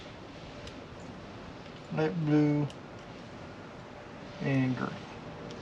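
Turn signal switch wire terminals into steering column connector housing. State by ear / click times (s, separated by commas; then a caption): not seated / none. Turn signal switch wire terminals (blinker, dark blue and light blue wires) are handled one by one at the plastic connector housing in the steering column of a 1964 Chevy panel truck. Someone talks in two short bursts, around 1.9–2.7 s and 4.4–4.9 s, over a steady low background. Nothing has seated or clicked yet.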